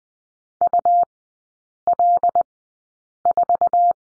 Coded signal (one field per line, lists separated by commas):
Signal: Morse code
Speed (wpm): 20 wpm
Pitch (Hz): 700 Hz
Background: none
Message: UL4